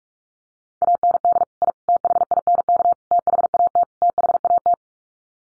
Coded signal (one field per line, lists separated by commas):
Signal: Morse code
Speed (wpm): 44 wpm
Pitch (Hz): 700 Hz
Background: none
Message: AND I THINK THAT THAT